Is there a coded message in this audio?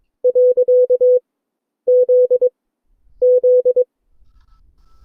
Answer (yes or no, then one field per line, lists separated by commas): yes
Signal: Morse code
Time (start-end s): 0.2-3.8 s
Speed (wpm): 23 wpm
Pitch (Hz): 500 Hz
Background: none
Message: . Z Z